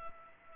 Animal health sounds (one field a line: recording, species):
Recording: mosquito wingbeat signal from an infrared sensor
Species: Culex pipiens